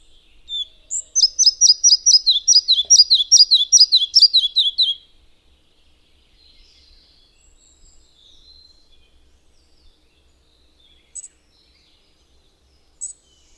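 Red-breasted flycatcher singing: a high opening note, then a rapid repeated series stepping downward and ending abruptly, followed by near silence and two faint high notes.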